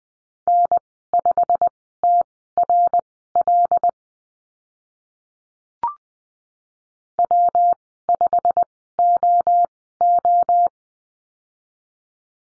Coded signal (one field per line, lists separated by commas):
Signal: Morse code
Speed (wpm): 20 wpm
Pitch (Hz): 700 Hz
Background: none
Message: N5TRL W5OO